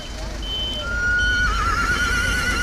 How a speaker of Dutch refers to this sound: Rustig. Zo rustig dat de paarden hier staan te hinniken omdat ze werkeloos toe moeten kijken. Ja, rust dus rondom de Johan Cruijff Arena.